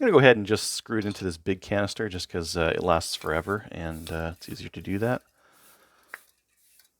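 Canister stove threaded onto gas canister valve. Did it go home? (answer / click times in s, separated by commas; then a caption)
yes / 6.1 s. Someone talks, then screws a small, inexpensive ultralight metal canister stove onto the threaded valve of a big gas canister, chosen because it lasts forever and is easier. After a quiet stretch of faint handling, the stove's pin opens the canister valve with a single sharp pop at 6.1 s, letting gas into the stove body and confirming it is seated. A much fainter tick follows at 6.8 s.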